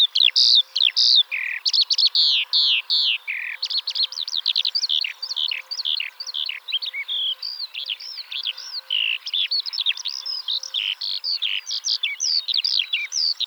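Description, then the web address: Eurasian skylark singing a long, unbroken stream of rapid chirps, trills and warbled high notes, varied and continuous, with no other clear sounds. "alauda arvensis call"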